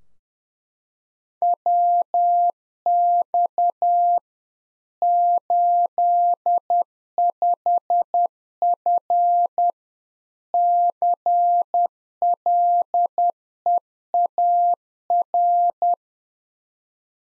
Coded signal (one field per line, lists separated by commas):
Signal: Morse code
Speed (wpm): 10 wpm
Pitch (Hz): 700 Hz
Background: none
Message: WX 85F CLEAR